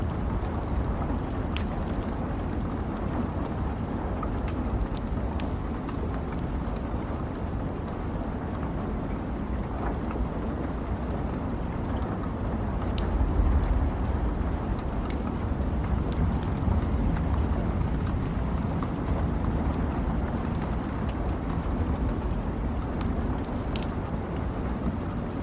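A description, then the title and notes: Steady, dense rain fills the whole stretch with a deep, even rushing sound. Scattered sharp ticks and crackles pop through at irregular moments, and a low rumble swells briefly around the middle before settling back into the constant wash. Rain & Thunderstorm Sounds ¦ Crackling Fireplace.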